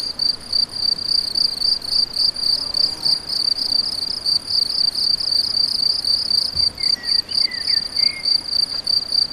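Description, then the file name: Crickets chirping rhythmically and fast throughout, accompanied by occasional bird calls. Several crickets; recorded on an MZ-N710; dated 7 05 14. "MZ-N 710 Grillons 7 05 14"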